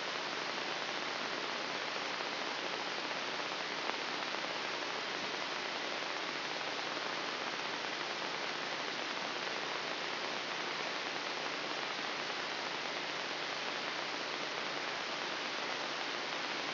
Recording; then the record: brain microelectrode recording played as sound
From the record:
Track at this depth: inside the subthalamic nucleus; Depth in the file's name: 3.308 mm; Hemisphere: left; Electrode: 3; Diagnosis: Parkinson's disease